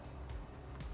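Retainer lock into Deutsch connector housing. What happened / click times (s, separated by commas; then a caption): The connector is being handled and has not seated yet / none. A plastic retainer lock (wedge) is being handled and pushed toward a Deutsch connector housing after the pins have been inserted, over a steady low background hum. Brief handling sounds rise near 0.3 s and 0.8 s, but nothing has seated or clicked yet; the clip ends just before the lock goes home.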